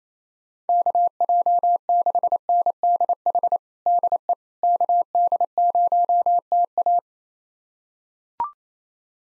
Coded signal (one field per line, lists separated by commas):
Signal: Morse code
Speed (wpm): 27 wpm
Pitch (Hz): 700 Hz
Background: none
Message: KJ6NDH DE KD0TA